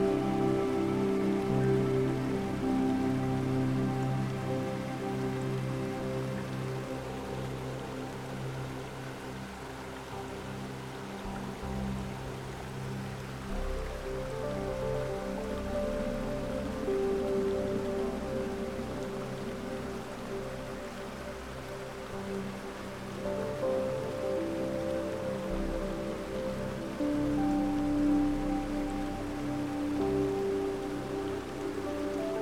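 A waterfall's steady, dense rush of falling water runs throughout beneath soft sustained music tones that drift and change slowly.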